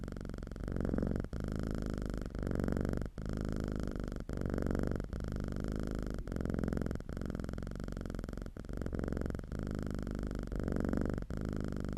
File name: Calm - Purring Cat